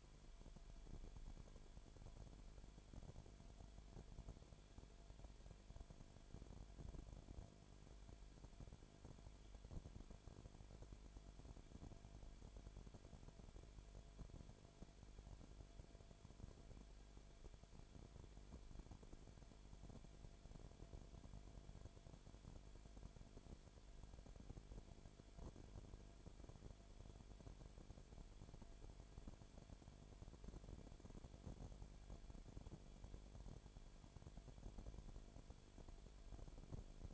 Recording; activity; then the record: daily activity, microphone in the room; no activity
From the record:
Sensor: 5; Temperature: 19.8 degrees Celsius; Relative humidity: 35.6%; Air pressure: 1003.4 hPa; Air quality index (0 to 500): 57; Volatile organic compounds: 1 ppm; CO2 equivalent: 637 ppm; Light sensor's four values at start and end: 2/3/1/1 and 2/3/1/1